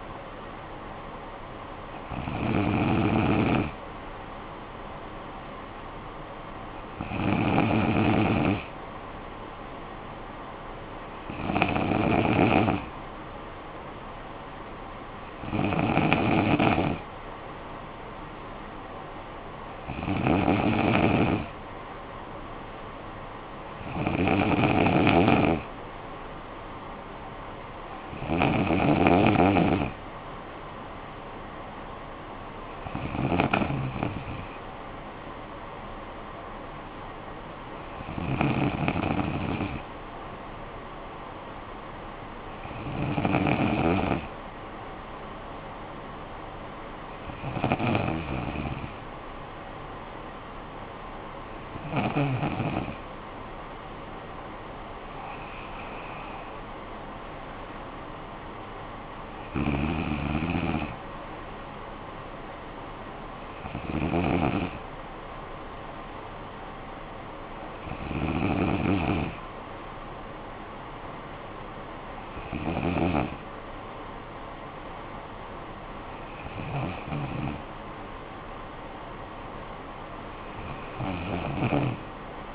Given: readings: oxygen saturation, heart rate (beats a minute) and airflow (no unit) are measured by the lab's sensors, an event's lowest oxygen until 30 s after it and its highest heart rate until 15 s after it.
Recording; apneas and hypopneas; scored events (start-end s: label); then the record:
breathing in sleep by a voice recorder at the bedside; none
none scored
From the record:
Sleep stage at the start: N2 (light sleep); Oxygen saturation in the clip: 94 to 95%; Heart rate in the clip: 54 to 70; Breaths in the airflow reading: 19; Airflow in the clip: -10.6 to 7.3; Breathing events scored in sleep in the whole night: 445 in 7.6 hours asleep